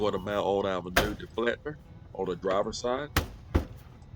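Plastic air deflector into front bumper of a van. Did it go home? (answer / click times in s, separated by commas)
no / none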